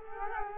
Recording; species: mosquito wingbeat signal from an infrared sensor; Culex quinquefasciatus